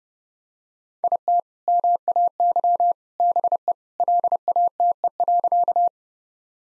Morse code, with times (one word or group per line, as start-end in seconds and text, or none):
1.0-1.4 IT
1.7-2.9 MAY
3.2-3.7 BE
4.0-5.9 LATE.